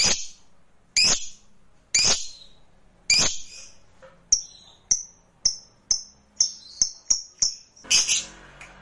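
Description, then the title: Lovebird calls, four harsh broad screeches about a second apart, followed by a quicker series of thin, high, clipped chirps. Recording meant to prompt a lazy lovebird into spontaneous spirited song. "LOVEBIRD Malas Bunyi JADI GREGET SPONTAN Langsung NARIK"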